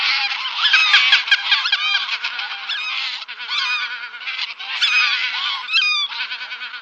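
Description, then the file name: Greater white-fronted goose calls from a flock, many high, yelping harmonic notes overlapping in a constant babble, with louder bursts rising and falling throughout. "Anser albifrons"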